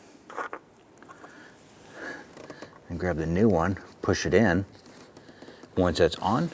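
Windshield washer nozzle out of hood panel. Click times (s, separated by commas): 0.5 s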